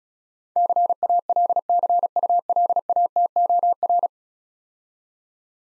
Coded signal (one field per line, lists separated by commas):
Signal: Morse code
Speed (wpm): 35 wpm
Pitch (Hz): 700 Hz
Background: none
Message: CALCULATOR